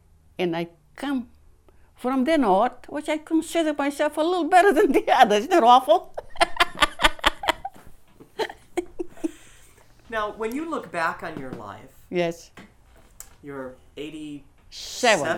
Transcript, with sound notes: and I come from the north, which I consider myself a little better than the others. Isn't that awful? ( she laughs )
Now, when you look back on your life, you're eighty-seven.